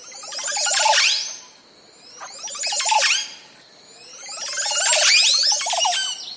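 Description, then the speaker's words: Montezuma oropendola song, three bursts of liquid gurgling and bubbling notes that sweep up into a high squeal, roughly every two seconds. Caribbean bird; male sings as part of a courtship display, dipping down from its perch while singing; males try to outsing rivals. "The song is sung by the male as part of a courtship display."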